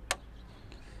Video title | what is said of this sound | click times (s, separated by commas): How to install PIAA Superior Bass Horn - 2020 Toyota Corolla Hatchback | and then just push it in when you hear one click and | 0.1 s